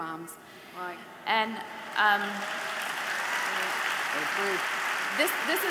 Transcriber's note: applause